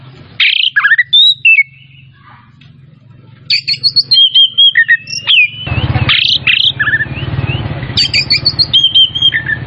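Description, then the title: Oriental magpie-robin song: loud, varied whistles and sharp chattering notes in quick bursts, some sliding phrases, over a low steady hum. Kacer Tretes, singing vigorously (gacor). "Kacer Tretes Gacor"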